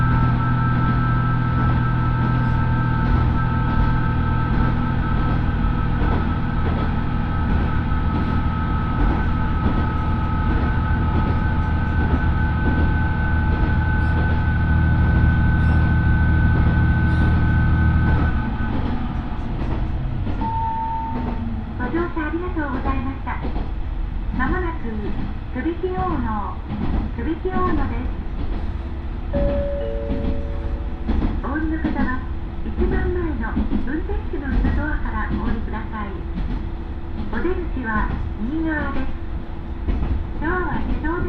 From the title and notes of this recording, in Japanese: 耳で楽しむ鉄道旅 大糸線 糸魚川→平岩。糸魚川を出る大糸線の始発列車で南小谷へと向かいます。糸魚川を出て最初は郊外を走る感じが、徐々に川とゴロゴロした岩場の連続になってきて平岩に到着します。